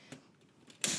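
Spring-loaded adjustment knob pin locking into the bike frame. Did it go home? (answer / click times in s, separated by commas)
yes / 0.8 s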